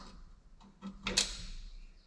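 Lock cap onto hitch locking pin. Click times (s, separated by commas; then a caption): 1.1 s, 1.2 s. A lock cap is pushed onto a hitch locking pin, with a few faint taps and scrapes before it. It snaps on with two sharp metallic clicks at 1.1 and 1.2 seconds, followed by a brief bright ring. The lock is seated on the pin.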